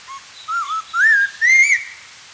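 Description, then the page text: Spotted laughingthrush song: four whistled phrases, each higher and longer than the one before, wavering and rising. "Spotted Laughingthrush Song Sound Effect. Quick Sounds"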